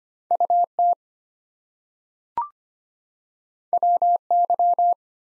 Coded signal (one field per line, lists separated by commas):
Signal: Morse code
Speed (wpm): 25 wpm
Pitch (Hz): 700 Hz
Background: none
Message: UT WY